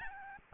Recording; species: mosquito wingbeat signal from an infrared sensor; Aedes albopictus